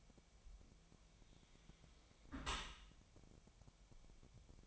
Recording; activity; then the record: daily activity, microphone in the room; close dishwasher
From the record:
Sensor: 1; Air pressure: 1006.8 hPa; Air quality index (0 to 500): 206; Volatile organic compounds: 23 ppm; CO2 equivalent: 2786 ppm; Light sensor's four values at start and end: 12/32/13/14 and 12/32/13/14